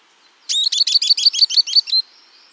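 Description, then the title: Southern beardless tyrannulet call: a quick run of sharp, high chipping notes, evenly spaced and lasting roughly a second and a half, with a quiet background. Nominate subspecies obsoletum. "LuckyPassaro Completos2Sama. Southern Beardless Tyrannulet (Camptostoma obsoletum obsoletum)"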